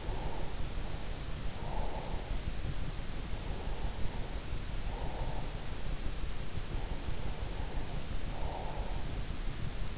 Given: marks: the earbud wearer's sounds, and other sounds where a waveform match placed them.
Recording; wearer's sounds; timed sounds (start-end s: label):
sounds in sleep by an in-ear microphone; breath
0.00-2.64 s: breath
3.50-5.90 s: breath
7.01-9.15 s: breath